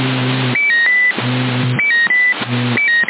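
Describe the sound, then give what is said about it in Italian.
A CB radio microphone beep repeats three times: each cycle is a loud, low buzzing tone followed by a couple of short, high-pitched beeps, with a narrow, radio-like quality and no talking. Recorded during a CB radio session in Sassari, March 2021. “il bip è quello lì.”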